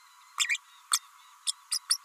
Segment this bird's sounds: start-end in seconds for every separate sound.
0.39-0.57, 0.92-0.98, 1.47-1.52, 1.71-1.78, 1.89-1.97